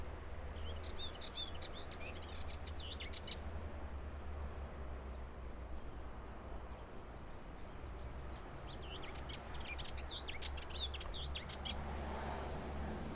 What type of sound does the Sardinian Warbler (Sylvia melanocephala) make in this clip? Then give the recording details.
song. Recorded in the wild. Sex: male. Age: adult. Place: Los Cancajos, La Palma, Canary Islands, ES. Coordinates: 28.6469, -17.7594. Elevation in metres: 35. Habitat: ruderal place. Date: 2013-03-30. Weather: 15°C, clear, weak winds. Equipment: Zoom H2. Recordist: Frommolt, Karl-Heinz